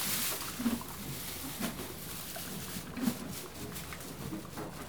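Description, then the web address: Horse chewing hay in soft repeated crunches. One horse eating hay and moving. "BBC Sound Effects Library Horses One horse eating hay, and moving"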